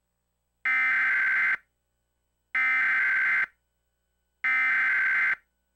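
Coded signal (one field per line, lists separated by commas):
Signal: Emergency Alert System (SAME) tones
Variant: header bursts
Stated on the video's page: Re-creation of a civil emergency message shown on a Comcast cable alert screen.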